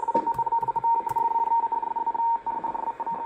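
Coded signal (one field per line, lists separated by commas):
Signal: RTTY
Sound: fast warbling two-tone chatter around 900 Hz over shortwave hiss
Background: radio static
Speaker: yeah reported to be uh US Navy out of Puerto Rico actually an 11688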